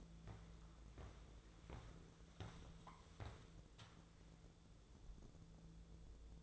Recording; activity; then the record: daily activity, microphone in the room; walk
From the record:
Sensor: 3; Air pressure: 1005.5 hPa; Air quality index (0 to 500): 93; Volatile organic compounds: 3 ppm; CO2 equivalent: 1447 ppm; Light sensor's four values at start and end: 10/24/10/9 and 8/18/7/8